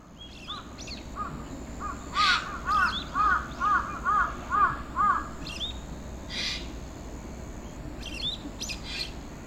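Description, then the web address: Bird giving a run of several arched, chirping notes, mixed with a few harsh noisy bursts over a steady background hiss. "yacho koe"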